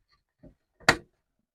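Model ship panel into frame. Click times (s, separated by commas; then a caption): 0.9 s. A panel from the Fanhome Star Wars Millennium Falcon model, issue 66, is pushed further into its framework opposite the passage tube. After a soft shuffle near 0.4 s, it gives a short, loud, bright click at 0.9 s, confirming the panel is seated in the frame, followed by a faint sound at 1.6 s.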